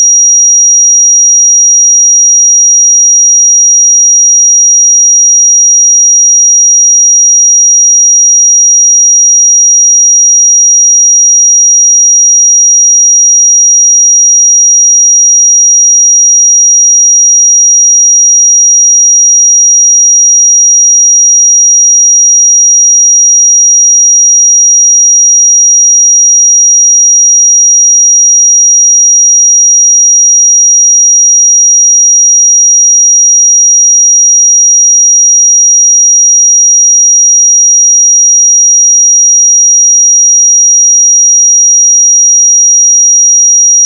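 A pure sine tone at 5731 Hz holds perfectly steady and bright for the whole clip, with no other sounds and unchanging loudness.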